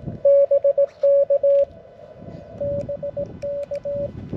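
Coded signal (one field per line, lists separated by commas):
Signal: Morse code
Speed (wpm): 18 wpm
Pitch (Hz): 570 Hz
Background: radio noise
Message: BK BK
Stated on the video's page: Portable QRP CW park activation at 17 WPM on 21.057 MHz, mcHF radio at 5W, BaMaKey TP-III key, linked 15/17/20M dipole on 7M carbon fiber mast.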